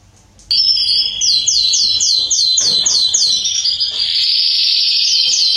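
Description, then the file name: Belgian canary song: a fast tour of repeated descending whistled notes, about three to four a second, running into a continuous bright high trill. "canto do canario belga salsa"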